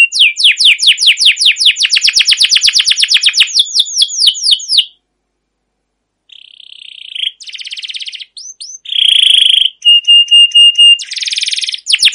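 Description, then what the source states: Canary song: a fast rolling trill of falling notes, a pause, then buzzy rattles, steady whistled tones and short repeated notes. Canary with long, continuous trilling 'ngerol' and 'cuit cuit' song, used as a lure and master recording for training other canaries.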